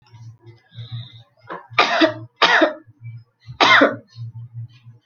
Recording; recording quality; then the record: heavy voluntary cough; moderate, slight background noise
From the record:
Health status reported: healthy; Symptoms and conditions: none ticked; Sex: female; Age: 24 years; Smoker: not ticked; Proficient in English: yes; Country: India